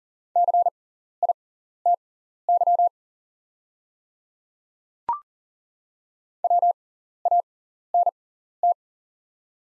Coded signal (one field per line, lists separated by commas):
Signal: Morse code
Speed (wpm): 40 wpm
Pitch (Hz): 700 Hz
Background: none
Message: CITY WANT